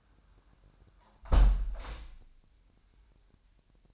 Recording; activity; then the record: daily activity, microphone in the room; close window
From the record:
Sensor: 2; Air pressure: 998.4 hPa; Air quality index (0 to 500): 144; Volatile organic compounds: 4 ppm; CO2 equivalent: 1632 ppm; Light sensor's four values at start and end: 8/20/8/9 and 8/19/8/9